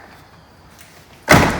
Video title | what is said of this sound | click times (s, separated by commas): Habitat Home Maintenance | it locks in place and when you lift it up make sure | 1.3 s